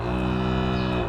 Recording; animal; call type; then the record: contact call of a hoofed animal; cattle; low-frequency (closed-mouth) or high-frequency (open-mouth) call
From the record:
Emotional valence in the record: negative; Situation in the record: full separation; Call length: 1.09 s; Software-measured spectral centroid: 1460 Hz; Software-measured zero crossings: 1410 a second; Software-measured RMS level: -24 dBFS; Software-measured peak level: -12 dBFS